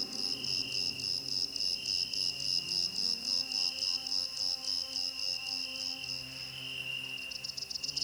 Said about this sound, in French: Un petit grillon noir.